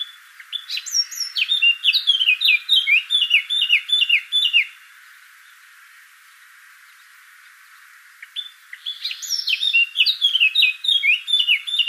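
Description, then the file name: Eurasian blackcap song, a fast chattering warble of sharp high notes lasting about four seconds, a silent pause, then a second burst of rapid warbling. "Sylvia atricapilla"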